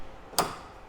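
A newly fitted tailgate (dicky) lock on a Toyota Hilux pickup truck is operated, giving a single sharp click at 0.4 s. The tailgate locks; locking makes a sound while unlocking is silent, so the click is the lock engaging.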